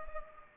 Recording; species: mosquito wingbeat signal from an infrared sensor; Culex pipiens